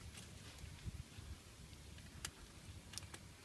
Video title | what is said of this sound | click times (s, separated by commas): Replacing a Subaru CV Boot | that till it snaps in and it's | 2.2 s, 3.0 s